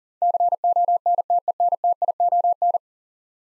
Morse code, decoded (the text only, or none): CONTENTION